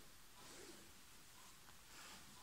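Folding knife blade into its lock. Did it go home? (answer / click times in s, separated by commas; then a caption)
no / none. A high-end folding knife is handled with two hands as its blade is opened toward its lock, giving only soft rustling and handling noise over a faint steady background. Nothing has clicked or locked into place yet.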